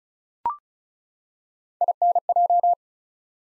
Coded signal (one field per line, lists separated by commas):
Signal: Morse code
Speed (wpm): 34 wpm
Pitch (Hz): 700 Hz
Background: none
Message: INJ